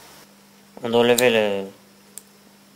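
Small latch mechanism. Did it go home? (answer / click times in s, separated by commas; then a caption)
yes / 2.2 s. A cord tied to a wheelchair is hooked onto an adapted archery release system, a wheelchair-mounted release mechanism for the bow-string, and lifted until the latch engages. Someone talks briefly over a faint steady hum, then a short, sharp tick sounds at 2.2 s as the release latch clicks and seats.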